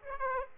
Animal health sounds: mosquito wingbeat signal from an infrared sensor; Aedes aegypti

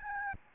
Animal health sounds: mosquito wingbeat signal from an infrared sensor; Aedes albopictus

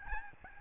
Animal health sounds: mosquito wingbeat signal from an infrared sensor; Aedes albopictus

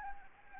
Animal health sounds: mosquito wingbeat signal from an infrared sensor; Anopheles arabiensis

